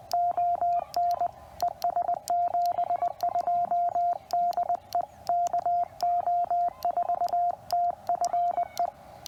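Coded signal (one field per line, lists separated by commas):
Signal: Morse code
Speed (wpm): 21 wpm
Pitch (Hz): 690 Hz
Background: radio noise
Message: ON ES 72 DE KO4TFE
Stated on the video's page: QRP CW Parks on the Air activation with a QMX radio running under 5 watts, working DX.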